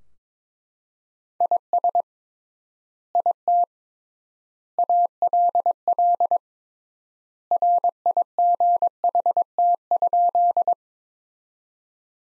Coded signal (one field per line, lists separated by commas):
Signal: Morse code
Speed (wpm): 21 wpm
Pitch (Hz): 700 Hz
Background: none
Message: IS IT ALL RIGHT?